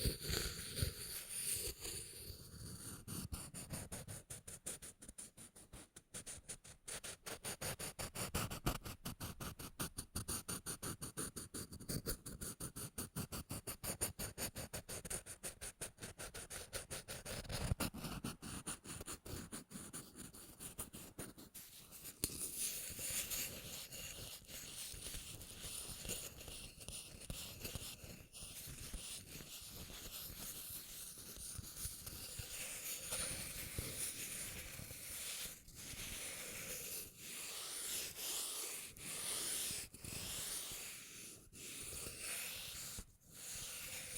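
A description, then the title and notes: Rubbing and crinkling go on throughout, with a dense, scratchy texture. The first twenty seconds bring rapid, crackly bursts. After that it turns to a smoother, hissy rubbing with a few sharper crinkles near the end. Rubbing and Crinkles (NO TALKING).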